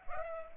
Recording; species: mosquito wingbeat signal from an infrared sensor; Culex pipiens